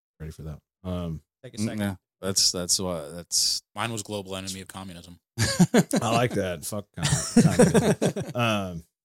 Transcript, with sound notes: Ready for that.
Take a second.
That's, that's why, that's.
Mine was global enemy of communism. (laughing)
I like that.
Fuck communism.